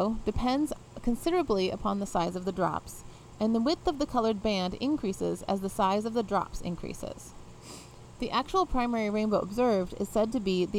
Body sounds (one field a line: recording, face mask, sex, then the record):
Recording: reading aloud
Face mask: none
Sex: female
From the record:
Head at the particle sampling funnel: facing it